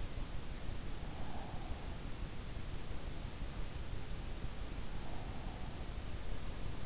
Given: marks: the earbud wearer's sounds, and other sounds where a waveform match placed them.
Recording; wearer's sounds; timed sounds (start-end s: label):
sounds in sleep by an in-ear microphone; breath
0.82-2.19 s: breath